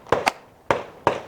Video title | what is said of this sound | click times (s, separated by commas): The Brand New Canik Mete MC9LS | You can hear it click. | 0.7 s